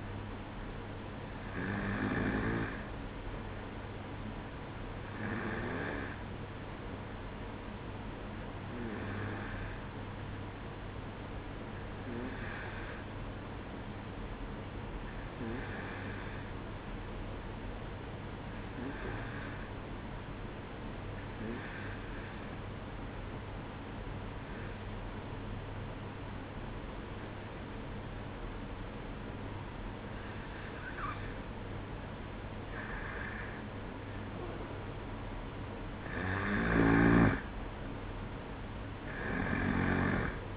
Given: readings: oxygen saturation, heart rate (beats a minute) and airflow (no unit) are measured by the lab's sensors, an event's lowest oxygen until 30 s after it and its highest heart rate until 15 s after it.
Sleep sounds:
breathing in sleep by a voice recorder at the bedside; 1
8.00-31.80 s: hypopnea (N2, oxygen 94% highest, then 91% lowest, heart rate 62 at the start, 66 highest)
From the record:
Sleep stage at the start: N2 (light sleep); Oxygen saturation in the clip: 92 to 94%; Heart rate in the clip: 61 to 66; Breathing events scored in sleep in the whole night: 305 in 9.6 hours asleep

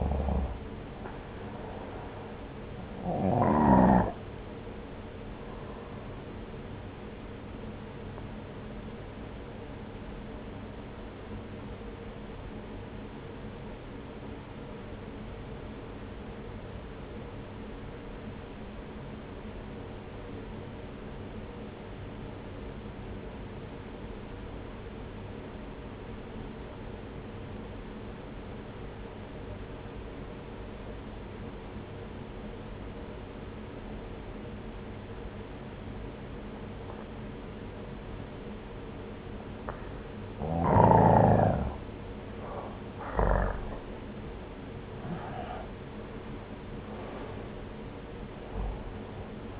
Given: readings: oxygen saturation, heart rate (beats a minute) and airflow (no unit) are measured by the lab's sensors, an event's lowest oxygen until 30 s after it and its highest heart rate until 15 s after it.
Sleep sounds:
breathing in sleep by a voice recorder at the bedside; 1
9.00-40.80 s: obstructive apnea (N1, oxygen 95% highest, then 86% lowest)
20.00-49.60 s: new sleep stage, N2 (light sleep)
From the record:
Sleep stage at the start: N1 (lightest sleep); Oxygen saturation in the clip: 87 to 95%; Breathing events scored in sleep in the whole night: 303 in 8.1 hours asleep

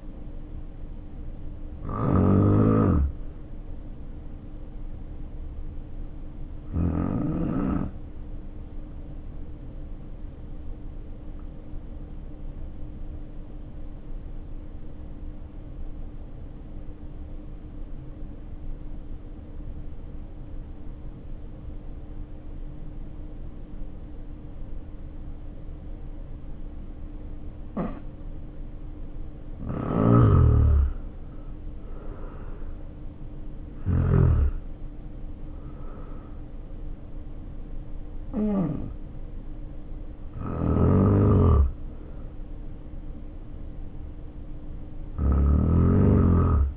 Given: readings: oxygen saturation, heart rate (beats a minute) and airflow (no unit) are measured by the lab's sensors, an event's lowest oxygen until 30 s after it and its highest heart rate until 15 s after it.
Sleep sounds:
breathing in sleep by a smartphone at the bedside; 1
5.00-30.60 s: hypopnea (N1, oxygen 94% highest, then 78% lowest, heart rate 51 at the start, 70 highest)
25.00-46.77 s: new sleep stage, N2 (light sleep)
From the record:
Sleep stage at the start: N1 (lightest sleep); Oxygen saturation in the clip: 74 to 94%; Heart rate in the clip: 50 to 72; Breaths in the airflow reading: 8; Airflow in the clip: -5.3 to 6.0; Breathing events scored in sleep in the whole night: 520 in 7.2 hours asleep

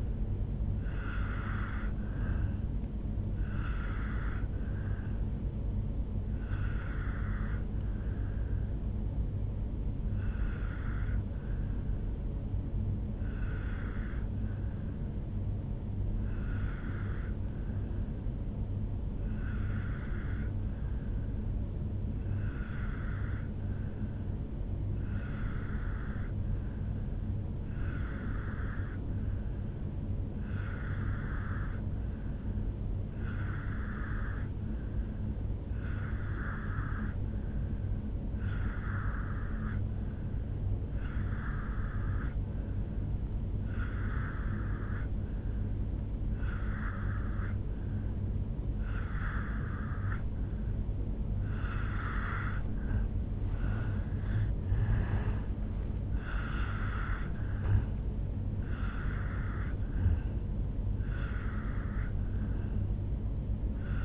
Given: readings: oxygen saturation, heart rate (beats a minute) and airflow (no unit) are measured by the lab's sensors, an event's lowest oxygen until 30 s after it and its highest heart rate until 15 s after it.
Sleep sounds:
breathing in sleep by a smartphone at the bedside; 1
8.00-51.90 s: obstructive apnea (N1, oxygen 96% highest, then 87% lowest, heart rate 65 at the start, 76 highest)
14.00-44.00 s: new sleep stage, N2 (light sleep)
44.00-64.05 s: new sleep stage, N1 (lightest sleep)
From the record:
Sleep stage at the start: N1 (lightest sleep); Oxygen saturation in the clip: 86 to 96%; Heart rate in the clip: 62 to 76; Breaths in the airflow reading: 6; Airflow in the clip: -8.1 to 5.4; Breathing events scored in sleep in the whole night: 449 in 7.0 hours asleep

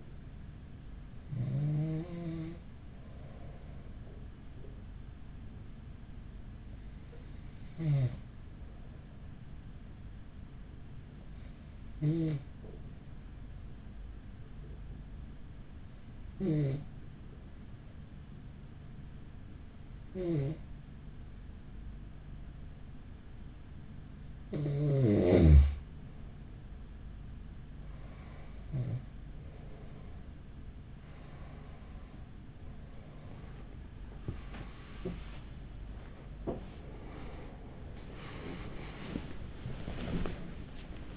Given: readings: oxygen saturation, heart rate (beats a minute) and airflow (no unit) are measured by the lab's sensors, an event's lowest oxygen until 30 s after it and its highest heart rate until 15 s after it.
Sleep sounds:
breathing in sleep by a smartphone at the bedside; 1
8.00-38.00 s: new sleep stage, N2 (light sleep)
9.00-33.50 s: hypopnea (N2, oxygen 94% highest, then 93% lowest, heart rate 45 at the start, 74 highest)
38.00-41.17 s: new sleep stage, awake
From the record:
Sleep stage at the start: N1 (lightest sleep); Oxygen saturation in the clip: 93 to 94%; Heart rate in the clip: 43 to 66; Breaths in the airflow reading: 10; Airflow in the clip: -7.0 to 9.8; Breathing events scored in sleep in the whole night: 207 in 7.6 hours asleep

